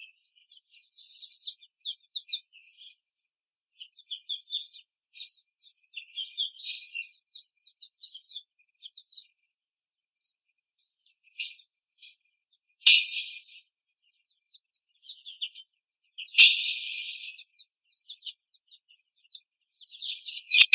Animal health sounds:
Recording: young laying hens in a cage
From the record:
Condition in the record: before the stressor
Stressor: simulated dog barking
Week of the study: 3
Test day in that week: 1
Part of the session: 4

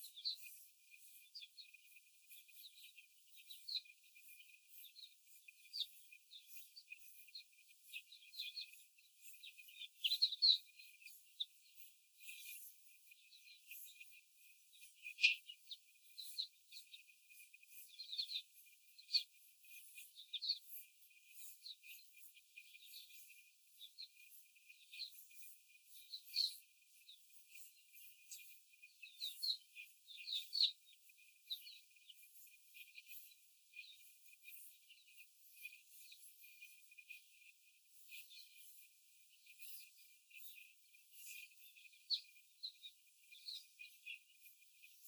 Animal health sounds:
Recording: young laying hens in a cage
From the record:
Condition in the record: before the stressor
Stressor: simulated dog barking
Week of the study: 4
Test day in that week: 1

